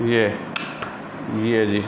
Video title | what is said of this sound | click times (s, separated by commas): diana 54airking .22 full reveiw in urdu | ये देखें, ये टक टक की आवाज़ आती जाएगी और ये साथ साथ लॉक होती जाएगी। | 0.6 s, 0.8 s